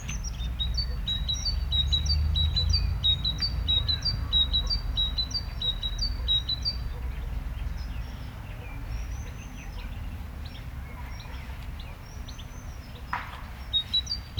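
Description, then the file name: Great tit song: high two-note phrases repeated rapidly for about eight seconds, then a few scattered thin notes, over steady low rumbling background noise. "Parus major"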